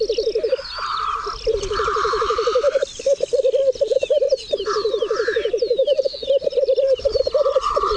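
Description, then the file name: Black grouse bubbling in repeated rolling phrases broken by short pauses, with hoarse hissing calls and scattered high bird notes over it. "cietrzew"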